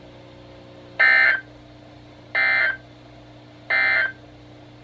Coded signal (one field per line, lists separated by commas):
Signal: Emergency Alert System (SAME) tones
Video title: EAS #126-#127: Monthly & Weekly Test | KHB36, WNG736, & WTOP